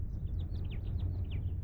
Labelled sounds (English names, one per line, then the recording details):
House Finch song
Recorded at Oak Beach on Long Island, New York, on 21 May 1975
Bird A